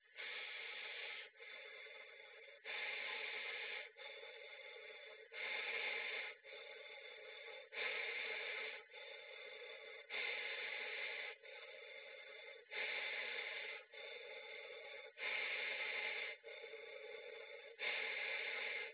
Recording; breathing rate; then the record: paced breathing near a phone; 24 breaths a minute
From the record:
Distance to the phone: 20 cm